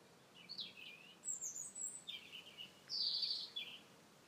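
Bird calling with high, thin chirps and sweeping squeaky notes in short bursts, with a steady low background hiss.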